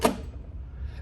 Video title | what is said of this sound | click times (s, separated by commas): ecoprintQ - Pay Stations Removal, Cleaning, and Reinstallation | so there's a button on the bottom you want to push that lightly you want to come in here and then you just want to slide that in until it clicks in place | 0.1 s